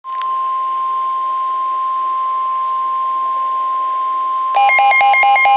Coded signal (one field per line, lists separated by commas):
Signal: Emergency Alert System (SAME) tones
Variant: 1050 Hz attention tone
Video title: Severe Thunderstorms Warning EAS #59